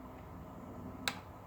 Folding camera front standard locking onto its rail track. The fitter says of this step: is the click of this going into position.